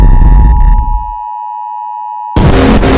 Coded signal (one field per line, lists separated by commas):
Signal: Emergency Alert System (SAME) tones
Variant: 853 and 960 Hz attention tone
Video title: Mr Increíble Perturbado (EAS ALARMS 1/5) Parte 1